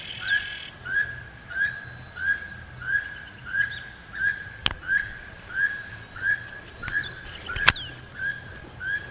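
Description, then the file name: Keel-billed toucan giving a rhythmic series of harsh croaks, roughly three every two seconds, with a couple of sharp clicks. "Keel billed Toucan Ramphastos sulfuratus"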